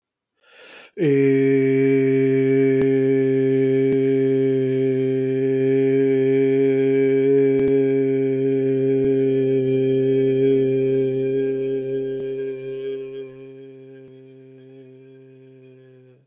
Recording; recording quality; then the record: sustained vowel as in made; excellent, no background noise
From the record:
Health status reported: healthy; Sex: male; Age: 37 years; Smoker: no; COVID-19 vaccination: both doses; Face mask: not worn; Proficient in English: yes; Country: India